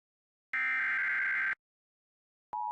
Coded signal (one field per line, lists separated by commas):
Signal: Emergency Alert System (SAME) tones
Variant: header bursts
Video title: (EAS #2,667 - #2,676) THE LONG AWAITED RETURN…. SORTA…. - EAS Alerts from 3/6/26